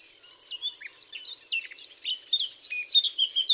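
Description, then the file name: Eurasian blackcap song: a continuous scratchy, warbling chatter of quick varied notes that grows louder and fuller toward the end. "Sylvia atricapilla"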